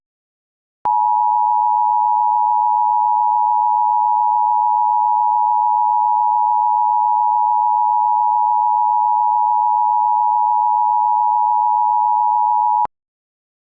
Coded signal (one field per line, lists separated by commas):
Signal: Emergency Alert System (SAME) tones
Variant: 853 and 960 Hz attention tone